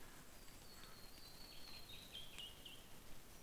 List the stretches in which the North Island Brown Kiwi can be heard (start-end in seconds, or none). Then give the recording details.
none. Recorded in New Zealand on 21 November 2014. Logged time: 04:57. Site CL78